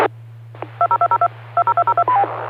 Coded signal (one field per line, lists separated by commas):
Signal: DTMF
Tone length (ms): 70 ms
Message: 2020220202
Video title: Friday Night Fun Net | Amateur Radio Worldwide Live Stream Radio | KD9MED